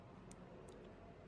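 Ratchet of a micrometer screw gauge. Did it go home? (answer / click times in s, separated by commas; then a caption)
yes / 0.3 s, 0.7 s. The ratchet of a micrometer screw gauge is turned to lock it, and two short, bright ticks come at 0.3 s and 0.7 s over a low, steady background hum. The ratchet clicks, confirming the torque is reached.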